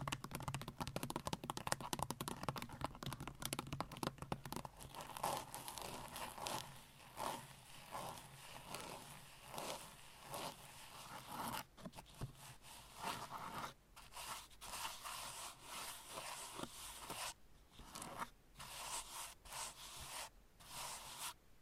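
Long nails scratch and tap in a steady run of dry, bright strokes, dense and busy through the first few seconds. After that the scratching settles into a looser rhythm of rubbing passes, each lasting about a second, with short quiet breaks between them in the later part.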